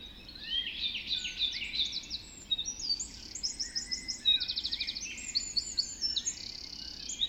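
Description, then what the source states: Birds of a dawn chorus, sweet warbling phrases and high chirps, then fast, evenly spaced trills repeated several times. Dawn chorus recorded just after dawn in the Forest of Dean.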